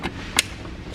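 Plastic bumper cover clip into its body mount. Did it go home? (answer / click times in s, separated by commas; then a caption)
yes / 0.4 s. A plastic retaining clip on the front bumper cover of a 2016-or-later ND Miata (MX-5) is pressed into its body mount on the second side of the car. A softer tap at 0.05 s is followed by a sharp, bright snap at 0.4 s, the loudest hit in the clip, as the clip seats firmly in place.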